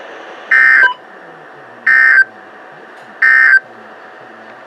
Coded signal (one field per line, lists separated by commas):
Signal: Emergency Alert System (SAME) tones